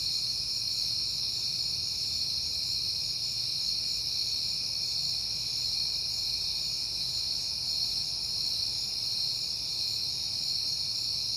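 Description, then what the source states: Crickets trilling in an even, continuous high shimmer, unchanging, over a faint low drone. Crickets recorded on a peaceful night in September.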